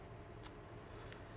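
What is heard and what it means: A watch band is refitted to a smartwatch case using its quick-release links, with a few faint ticks before a sharp click at 1.1 s as the band snaps into the lugs and seats.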